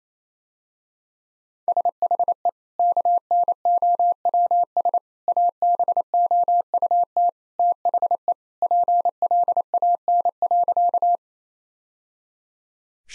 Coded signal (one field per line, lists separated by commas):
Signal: Morse code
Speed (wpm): 27 wpm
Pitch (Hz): 700 Hz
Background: none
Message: SHE KNOWS ABOUT THE PLAN.